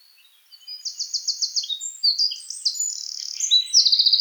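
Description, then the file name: Eurasian wren song, a loud high-pitched burst of rapid trills and chattering notes that runs unbroken for about three and a half seconds, with a fast trill at the end. "Troglodytes troglodytes"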